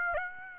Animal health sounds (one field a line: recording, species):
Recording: mosquito wingbeat signal from an infrared sensor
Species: Aedes aegypti